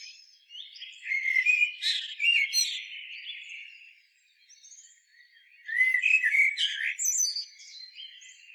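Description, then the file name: Common blackbird singing two fluty, warbling phrases ending in thin high twitters, with a short pause between them. "Turdus merula"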